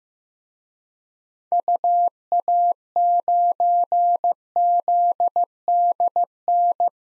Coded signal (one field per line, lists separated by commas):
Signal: Morse code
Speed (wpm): 16 wpm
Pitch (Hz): 700 Hz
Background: none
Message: UA9ZDN